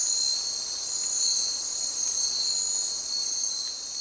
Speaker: Yeah, you've lost the birds, you've lost the mammals, really you just have the background insects.